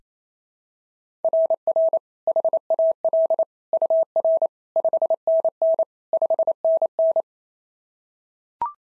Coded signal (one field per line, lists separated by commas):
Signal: Morse code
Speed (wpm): 25 wpm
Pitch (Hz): 650 Hz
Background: none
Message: RR HAL UR 5NN 5NN